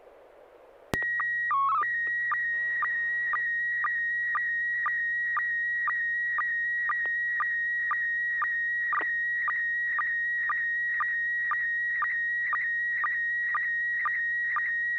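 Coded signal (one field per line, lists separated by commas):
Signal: SSTV (slow-scan television)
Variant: PD 120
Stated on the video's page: Weekly SSTV net on a 441.30 MHz FM repeater, images sent with MMSSTV software.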